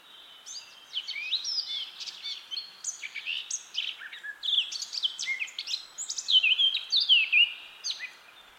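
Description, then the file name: Eurasian blackcap singing a long, rambling warble that mixes chattering and clearer fluty notes, growing louder toward the end, over a low steady hiss. "Sylvia atricapilla"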